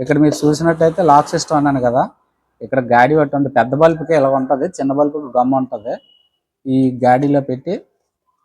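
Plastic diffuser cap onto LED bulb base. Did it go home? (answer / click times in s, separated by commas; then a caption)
no / none. A plastic diffuser cap is handled over the grooved lock system of an LED bulb base while someone talks through most of the clip, with short pauses in between. Nothing has seated or clicked yet; the clip ends just before the cap goes home.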